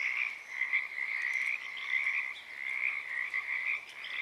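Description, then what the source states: Pacific tree frogs croaking in a dense, continuous chorus of overlapping raspy calls that swells and dips without a break. Wild chorus starting and stopping, Oaks Bottom Wildlife Refuge, Portland, Oregon, USA; morning of Friday 7 April 2023; calling uncommon at that time of day.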